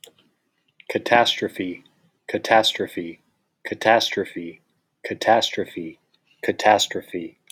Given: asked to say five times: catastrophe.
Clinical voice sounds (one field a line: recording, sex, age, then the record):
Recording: repeated word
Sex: male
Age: 30 to 39 years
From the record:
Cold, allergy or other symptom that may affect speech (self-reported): no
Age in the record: 37 years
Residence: Nevada, United States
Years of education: 16